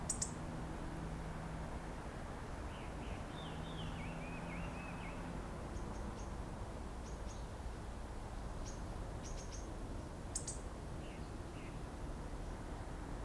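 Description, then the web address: Hawfinch short, sharp tick calls, several scattered throughout, over faint wavering notes from other birds and constant low background rumble. "web tosaka tori 090106 sime"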